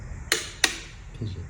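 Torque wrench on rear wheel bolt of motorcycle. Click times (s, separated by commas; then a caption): 0.3 s, 0.6 s. A torque wrench tightens a rear wheel bolt on the hub of a BMW R NineT Racer motorcycle, where tightening is meant to stop as soon as the wrench clicks. Two sharp clicks sound at 0.3 s and 0.6 s, showing the wrench has reached its torque setting.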